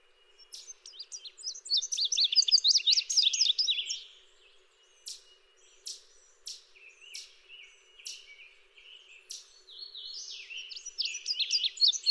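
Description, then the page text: Indigo bunting song: a run of quick, high notes in the first four seconds, followed by sparse sharp chips and short slurred notes. "Chris Parrish - Индиговый овсянковый кардинал (Passerina cyanea)"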